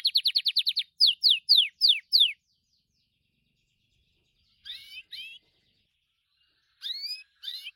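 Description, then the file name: Gloster canary song: a rapid burst of repeated chips, then a few slower sweeping notes, a long pause, and scattered soft phrases near the end. "canto do canario gloster"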